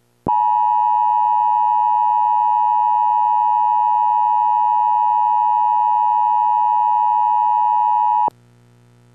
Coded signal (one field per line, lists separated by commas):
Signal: Emergency Alert System (SAME) tones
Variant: 853 and 960 Hz attention tone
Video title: EAS severe thunderstorm warning issued for baffalo county NE